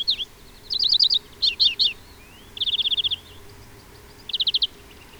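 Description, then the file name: European greenfinch giving rapid trilled twitters, short bursts of fast repeated notes with brief pauses between them and a faint drawn-out note in the middle. "Chloris chloris"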